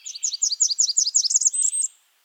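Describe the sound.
Blackburnian Warbler song: a rapid series of very high, thin paired notes ending in a short, different phrase, lasting about two seconds.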